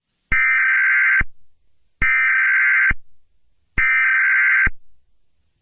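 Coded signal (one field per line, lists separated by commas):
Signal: Emergency Alert System (SAME) tones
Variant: header bursts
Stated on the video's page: Fictional EAS scenario.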